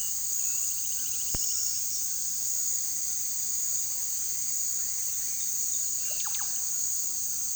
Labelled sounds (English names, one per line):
unidentified bird
White-throated Toucan
Russet-backed Oropendola